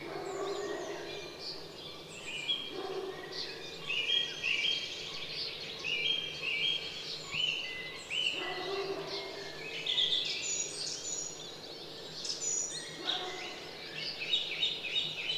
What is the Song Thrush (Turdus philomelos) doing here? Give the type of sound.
song